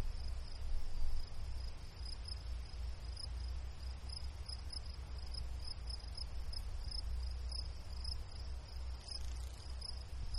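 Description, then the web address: Cricket chirps, high, even pulses repeating rapidly and regularly throughout, with a second fainter higher chirp and low rumbling noise beneath. In a meadow. "Manhattan Production Music. Meadow Crickets Birds Crow"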